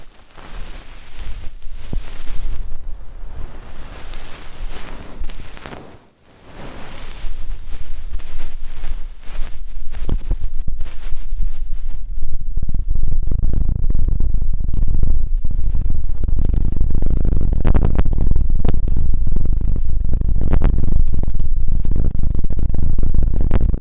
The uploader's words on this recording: ASMR INTENSE Deep Ear Cleaning (No Talking).